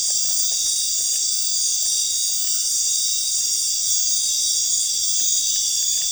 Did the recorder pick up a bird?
no